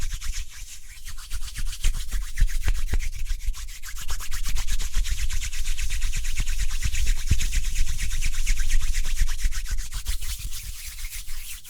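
Hands rub together quickly in a fast, continuous scratchy rhythm of dense strokes for the whole twelve seconds. The sound is mostly a bright, dry hiss with a low rumble underneath, and it grows slightly louder through the middle before easing near the end.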